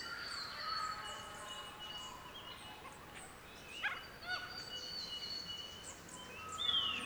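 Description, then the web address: Birds in a dense chorus: steady high whistles and trills overlap throughout, with a few sharp notes near four seconds and a bright phrase at the end. Mixed birdsong chorus recorded in Central Victoria, Australia. "andrewskeoch. Central Victorian Birdsong Chorus"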